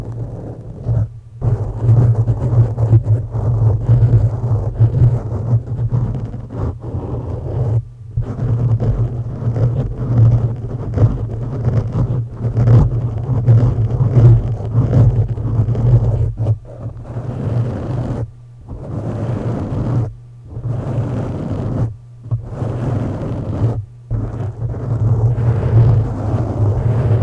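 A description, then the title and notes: Microphone scratching fills the recording as dense, rough rubbing noise over a steady low hum. The scraping comes in irregular bursts with brief silent gaps, about a dozen dropouts scattered throughout, more frequent in the second half. Mic Scratching.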